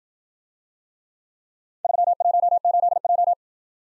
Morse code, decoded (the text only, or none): 318J